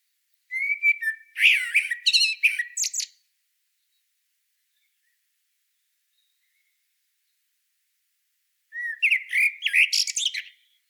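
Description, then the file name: Common blackbird singing two separate phrases several seconds apart, each a short fluty warble breaking into high, scratchy twittering, with silence in between. "Turdus merula"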